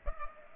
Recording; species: mosquito wingbeat signal from an infrared sensor; Culex pipiens